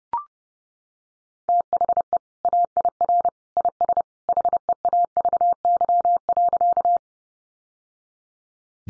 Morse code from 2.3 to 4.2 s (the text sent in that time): AIR IS